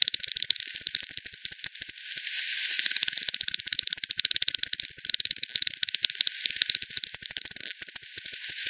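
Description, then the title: Bat echolocation heard as rapid, sharp ticking pulses in thick overlapping trains, with a short quieter stretch after two seconds. Multiple bats at Hogsmill River, Hogsmill Lane, 7 October 2020 at 18:10; recording frequency-divided (FD10), band-pass filtered and resampled. "WW bat 20201007 T 18 : 10 Z-Hogsmill-Lane-Hogsmill-River-multiple-bats"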